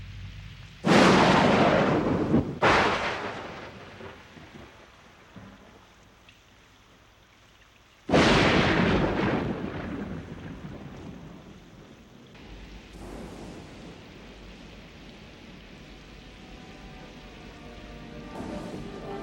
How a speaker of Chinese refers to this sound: 啊，老公，快点进去吧，暴风雨快来了。